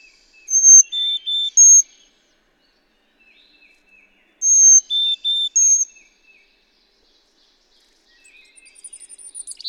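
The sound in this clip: Bird whistling a phrase of four pure notes, one high, two lower and one high again, given twice about four seconds apart, then a rapid series of very high thin notes.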